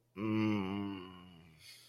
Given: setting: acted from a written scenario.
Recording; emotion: vocal sound without words; confusion